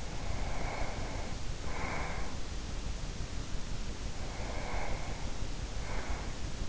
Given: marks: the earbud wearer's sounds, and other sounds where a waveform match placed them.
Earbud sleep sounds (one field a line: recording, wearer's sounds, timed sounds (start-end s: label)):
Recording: sounds in sleep by an in-ear microphone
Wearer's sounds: breath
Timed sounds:
0.20-2.59 s: breath
4.24-6.69 s: breath